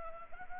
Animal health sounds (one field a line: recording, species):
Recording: mosquito wingbeat signal from an infrared sensor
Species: Anopheles gambiae